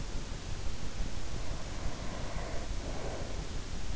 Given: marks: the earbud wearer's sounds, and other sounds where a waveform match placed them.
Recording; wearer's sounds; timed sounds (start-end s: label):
sounds in sleep by an in-ear microphone; breath
0.95-3.51 s: breath